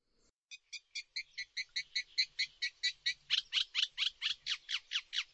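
Bird calling: steady, high chirps that grow louder and shift into downward-swept notes halfway through, repeated a few times each second.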